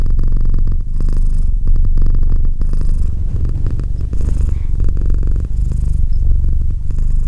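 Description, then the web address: Domestic cat purr, a deep rapid vibration rolling on without stopping, with soft airy hiss at each change of breath. "Cat Purr 201308 Cat purr"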